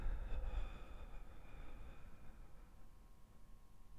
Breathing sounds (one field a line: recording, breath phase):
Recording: one breath near a microphone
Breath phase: exhalation